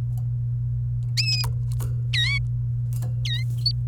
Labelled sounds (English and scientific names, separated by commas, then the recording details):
Domestic Canary (Serinus canaria) song
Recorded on 28 April 2018 at 13:36
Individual llb3